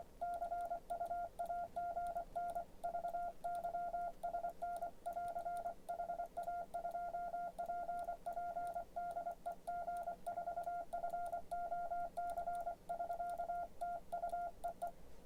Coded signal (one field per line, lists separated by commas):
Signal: Morse code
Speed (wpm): 24 wpm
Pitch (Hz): 700 Hz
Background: none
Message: CUAGN VY SN <AR> HA2PP DE G4FOC <SK> TU EE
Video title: G0PNM's Keys #20 The Begali Sculpture Janus